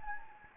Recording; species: mosquito wingbeat signal from an infrared sensor; Anopheles gambiae